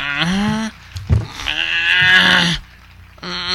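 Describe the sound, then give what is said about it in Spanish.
A man's voice imitates strange dog-like noises: a few strained, wavering whines and yelps, loud and bleating in tone, broken by short pauses, with no words spoken. “Y como que el güey nada más hacía como ruidos extraños, güey, como perro.”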